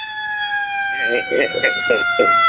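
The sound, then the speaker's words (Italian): An ambulance siren holds a steady, high, piercing tone with a ringing harmonic layer for the whole stretch, while people start talking over it partway through. “No, hanno messo subito le ambulanze.”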